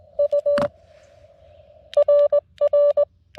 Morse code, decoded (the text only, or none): U RR